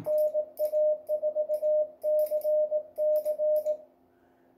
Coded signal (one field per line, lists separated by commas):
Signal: Morse code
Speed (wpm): 19 wpm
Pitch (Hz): 610 Hz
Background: radio noise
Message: NA4CC